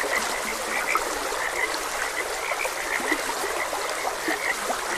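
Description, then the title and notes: Frogs call with short, bright croaks scattered throughout while a stream rushes steadily underneath. Frogs croaking beside a gentle stream. "Gentle Stream and Frogs Croaking. Sleep and Relaxation Podcast"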